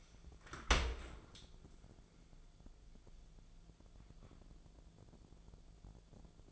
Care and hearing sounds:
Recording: daily activity, microphone in the room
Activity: open dishwasher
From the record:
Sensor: 5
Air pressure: 1000.6 hPa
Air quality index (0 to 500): 158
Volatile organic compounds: 2 ppm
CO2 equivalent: 1206 ppm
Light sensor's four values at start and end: 46/105/45/49 and 46/105/45/49

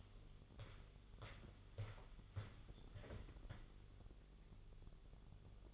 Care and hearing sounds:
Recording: daily activity, microphone in the room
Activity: walk to room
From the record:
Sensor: 4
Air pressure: 1009.0 hPa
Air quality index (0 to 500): 142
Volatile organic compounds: 2 ppm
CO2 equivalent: 1034 ppm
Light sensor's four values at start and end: 14/32/13/12 and 9/21/8/9

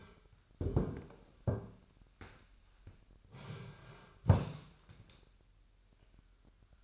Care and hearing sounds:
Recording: daily activity, microphone in the room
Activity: sit down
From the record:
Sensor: 2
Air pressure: 998.4 hPa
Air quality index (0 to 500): 130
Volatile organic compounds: 3 ppm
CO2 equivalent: 1464 ppm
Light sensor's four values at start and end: 6/14/6/7 and 7/18/7/8

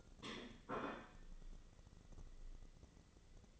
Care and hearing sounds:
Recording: daily activity, microphone in the room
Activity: place plate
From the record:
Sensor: 4

